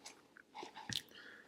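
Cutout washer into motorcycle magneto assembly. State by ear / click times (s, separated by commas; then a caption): seated / 1.0 s. A replacement washer with a small cutout, taken from a customer's bag of spare parts, is fitted into a motorcycle magneto during a rebuild. Soft handling noises lead up to a sharp, short click at 0.9 s as the washer snaps into place and stays seated.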